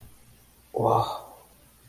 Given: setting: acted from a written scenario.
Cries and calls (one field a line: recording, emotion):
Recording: vocal sound without words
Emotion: awe